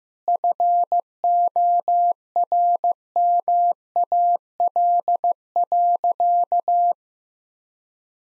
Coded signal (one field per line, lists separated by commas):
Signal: Morse code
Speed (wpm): 15 wpm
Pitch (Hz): 700 Hz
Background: none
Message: FORMAL.